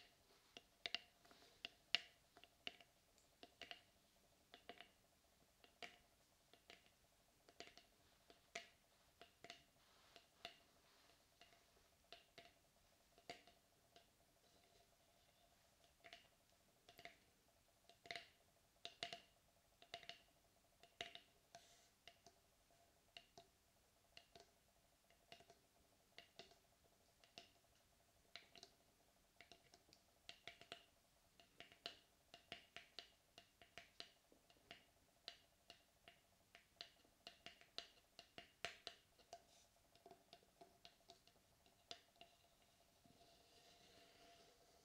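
Tapping and scratching in short sharp clicks, irregular but frequent through the whole time, over a faint steady hum with occasional bright clusters.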